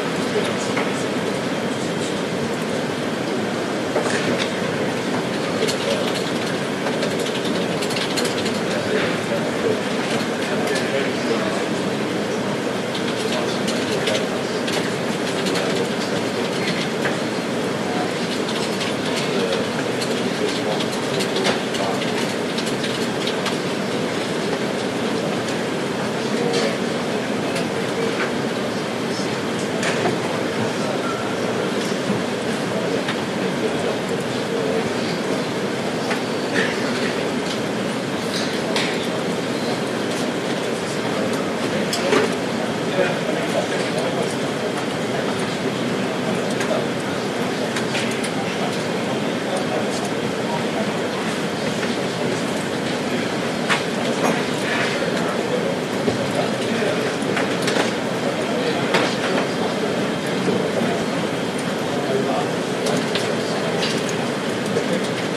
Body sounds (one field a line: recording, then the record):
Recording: background sound without coughing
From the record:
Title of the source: Office Sounds Ambience - Background Noise for Study and Work